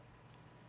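A Zalman CPU cooler's retention clip, moved to the lower position on its mounting bracket during assembly in an ABKO NCORE Rainbow X case, is hooked so it grips from underneath. Two short, bright clicks sound at 0.3 s and 0.4 s over a quiet background hum. The clip catches and is seated.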